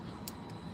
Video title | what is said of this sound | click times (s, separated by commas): 3 gun update and bsing with Raymundo | and what you're going to do now is just listen to the click if you can hear this | 0.3 s